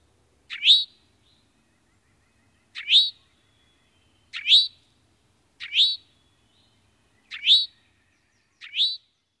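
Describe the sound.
Eastern towhee calls: a loud, sharp, rising note, repeated six times, with quiet background.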